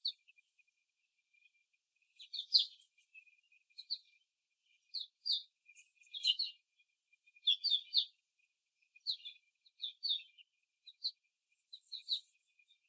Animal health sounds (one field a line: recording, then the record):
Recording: young laying hens in a cage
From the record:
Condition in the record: after the stressor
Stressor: simulated dog barking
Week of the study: 3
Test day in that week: 1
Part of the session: 3